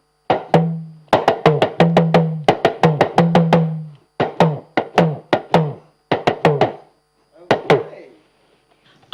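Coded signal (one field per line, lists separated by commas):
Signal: talking drum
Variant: Yoruba dùndún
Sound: quick phrased drum strokes with low ringing tones in several bursts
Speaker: Now, you played to open this segment just now. What were you saying to us with your drum? I was playing Dansaki Oba, Ojojumo Lore Resimi, Dansaki Oba. So I'm praising God and thanking him for this morning.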